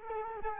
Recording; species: mosquito wingbeat signal from an infrared sensor; Culex quinquefasciatus